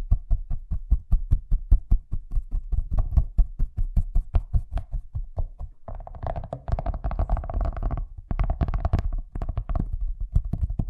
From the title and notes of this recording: ASMR Braingasm Inducing Fast Tapping (No Talking).